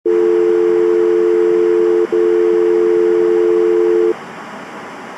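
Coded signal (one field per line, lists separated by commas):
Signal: telephone call progress tone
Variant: North America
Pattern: dial tone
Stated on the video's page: Part of a self-made EAS scenario, a simulation.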